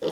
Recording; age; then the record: pig call; piglet (1 to 25 days)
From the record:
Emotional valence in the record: positive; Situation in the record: huddling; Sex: female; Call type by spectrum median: low-frequency call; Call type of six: low-frequency tonal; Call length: 0.12 s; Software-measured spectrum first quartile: 433 Hz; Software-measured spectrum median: 551 Hz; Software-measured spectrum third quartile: 1659 Hz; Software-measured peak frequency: 495 Hz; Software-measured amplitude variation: 118 dB a second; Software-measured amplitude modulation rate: 8.2 a second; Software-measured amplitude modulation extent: 14.3 dB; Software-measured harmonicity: 4.5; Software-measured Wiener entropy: -2.08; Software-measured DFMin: 1029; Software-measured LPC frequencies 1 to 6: 477, 1804, 2985, 3481, 4178, 4781 Hz